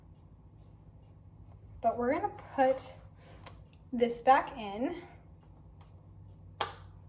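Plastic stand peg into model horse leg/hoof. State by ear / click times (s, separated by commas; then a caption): seated / 6.6 s. A plastic stand peg is pushed back into the leg of a model horse whose warped leg has just been reshaped with heat and is still a little warm. Someone talks, then a single sharp snap at 6.6 s marks the peg seating into place.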